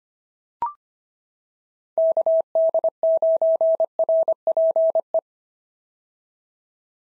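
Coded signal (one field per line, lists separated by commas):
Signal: Morse code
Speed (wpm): 25 wpm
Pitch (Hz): 650 Hz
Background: none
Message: KD9RPE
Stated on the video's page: POTA exchange practice sent at 25 wpm, each exchange sent in Morse, spoken, then sent again.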